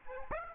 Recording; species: mosquito wingbeat signal from an infrared sensor; Aedes aegypti